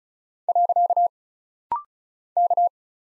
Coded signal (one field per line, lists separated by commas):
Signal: Morse code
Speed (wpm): 36 wpm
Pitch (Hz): 700 Hz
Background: none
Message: . K